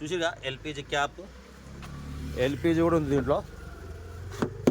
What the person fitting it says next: ఓ lock అయింది ఇది